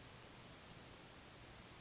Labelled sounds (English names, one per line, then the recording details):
Western Flycatcher
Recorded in Sonoma County, California